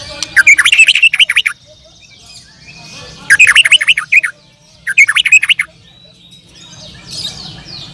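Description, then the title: Bird song in three short, dense bursts of rapid chirping notes separated by short pauses, with a soft low hum throughout. "Kicau Burung"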